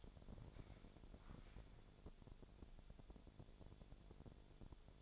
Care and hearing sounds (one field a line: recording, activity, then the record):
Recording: daily activity, microphone in the room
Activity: walk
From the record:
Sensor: 5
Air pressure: 1000.6 hPa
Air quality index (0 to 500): 142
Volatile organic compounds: 2 ppm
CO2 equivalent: 1106 ppm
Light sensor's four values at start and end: 47/111/46/48 and 47/110/46/48